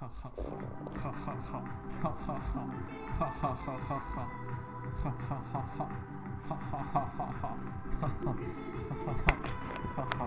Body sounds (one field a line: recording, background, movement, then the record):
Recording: laughter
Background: music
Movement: sitting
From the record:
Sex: male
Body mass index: 23.7 kg/m2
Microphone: on the chest, facing the body